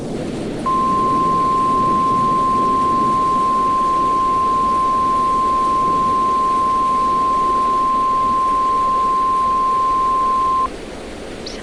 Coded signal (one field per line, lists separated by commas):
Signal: Emergency Alert System (SAME) tones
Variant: 1050 Hz attention tone